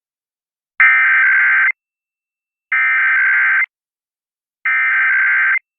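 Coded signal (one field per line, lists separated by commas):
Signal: Emergency Alert System (SAME) tones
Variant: header bursts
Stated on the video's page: Real weekly tests caught from KALI and Air1 radio stations.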